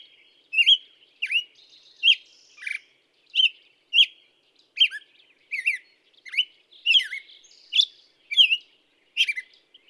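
Black-headed Grosbeak singing a steady run of bright, warbled whistles, each slurred note rising or dropping, repeated in quick succession with short gaps.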